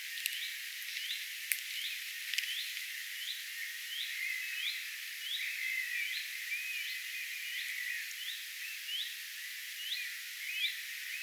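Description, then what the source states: Common redstart repeating short upslurred calls, with a few clicks. Attention calling recorded on 3 May 2025.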